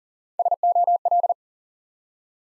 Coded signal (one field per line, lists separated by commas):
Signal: Morse code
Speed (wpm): 40 wpm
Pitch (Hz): 700 Hz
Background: none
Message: SOL